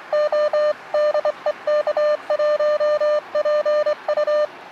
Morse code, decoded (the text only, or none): O DE K1PU